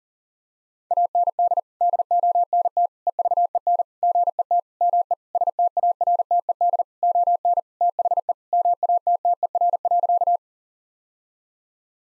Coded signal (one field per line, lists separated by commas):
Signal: Morse code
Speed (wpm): 40 wpm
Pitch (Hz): 700 Hz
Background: none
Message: AND DONT EVEN GET ME STARTED ON THE MATTER.